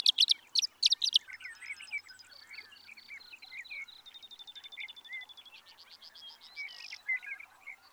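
Sage thrasher singing a long, rambling warble: loud sharp notes at first, then a sustained stream of buzzy trills and mixed phrases.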